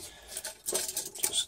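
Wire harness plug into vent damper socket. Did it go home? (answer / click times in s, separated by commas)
no / none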